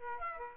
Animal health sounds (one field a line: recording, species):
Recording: mosquito wingbeat signal from an infrared sensor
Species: Aedes aegypti